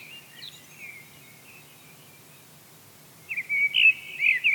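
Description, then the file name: Eurasian blackbird song: a faint warbled fragment, then silence, then a loud, rich fluting phrase near the end. "Turdus merula"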